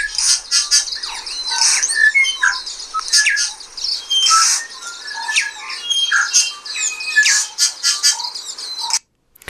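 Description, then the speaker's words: Bellbird song: ringing bell-like notes, squawks and fast chirps overlap almost continuously, then cut off abruptly near the end. Native bird of Aotearoa New Zealand, heard on waking in the country or bush, less often in town. "And one of them is the bellbird. And the bellbird sounds like this."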